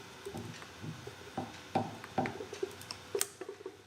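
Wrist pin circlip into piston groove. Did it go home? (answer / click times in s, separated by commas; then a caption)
yes / 3.2 s. On a Suzuki TS50 engine top end, the second steel piston pin (wrist pin) circlip is pressed into the piston's groove from the opposite side of the engine. Soft scraping and ticking handling noises build to a few sharper snaps around 1.8 and 2.2 seconds. A crisp, bright click at 3.2 seconds marks the circlip seating into place.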